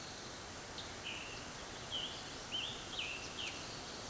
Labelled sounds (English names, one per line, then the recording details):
Scarlet Tanager song
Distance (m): 40 m
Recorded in a Pennsylvania forest on 18 May 2023 at 20:37
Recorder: AudioMoth, point grid1_28_low
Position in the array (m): 97 m, 41 m